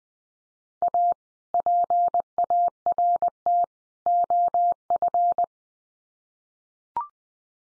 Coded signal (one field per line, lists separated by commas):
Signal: Morse code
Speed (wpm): 20 wpm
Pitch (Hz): 700 Hz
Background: none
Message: A PART OF